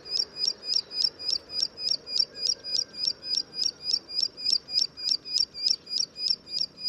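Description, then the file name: Plain prinia singing a long, steady run of high, buzzy ticking notes, several per second, unbroken throughout. "褐頭鷦鶯"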